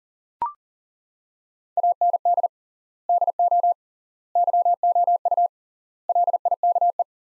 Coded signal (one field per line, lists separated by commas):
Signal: Morse code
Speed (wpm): 40 wpm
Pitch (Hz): 700 Hz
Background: none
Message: AND DO YOU LIKE